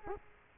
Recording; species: mosquito wingbeat signal from an infrared sensor; Culex quinquefasciatus